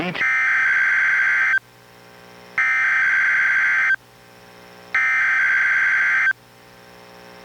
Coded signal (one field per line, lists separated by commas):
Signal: Emergency Alert System (SAME) tones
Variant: header bursts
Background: speech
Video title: EAS #1050: NWR Required Weekly Test- Jan. 29, 2025- 11:16AM PST